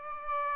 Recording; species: mosquito wingbeat signal from an infrared sensor; Aedes aegypti